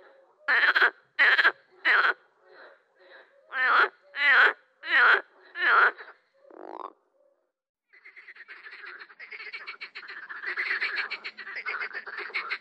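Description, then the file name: Marsh frog with loud separate pulsed croaks in a rhythmic series, a short pause, then a long dense rattling. "grenouille rieuse"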